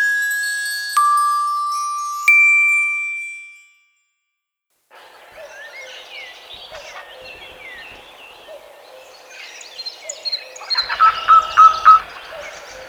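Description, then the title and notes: Wood warbler song: after two ringing chime tones, a bird sings a series of high notes, ending in several louder repeated notes. Named for its song, more precisely for the crackling trill with which it ends the song. "Пеночка-трещотка. Аудиоэнциклопедия"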